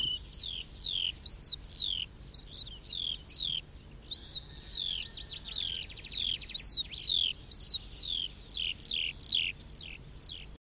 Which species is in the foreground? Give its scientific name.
Alauda arvensis